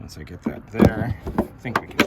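A new plastic fuel door housing with a grommet is lined up on a guide pin at the top and pushed toward the rear quarter panel opening of a Jeep JL while someone talks. Only speech and light handling are heard. Nothing has seated or clicked yet.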